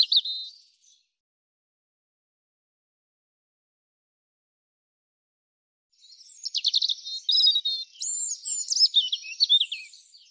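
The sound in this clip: European robin song: a brief warbled phrase, several seconds of silence, then a longer fluid phrase mixing fast trills and high sliding notes.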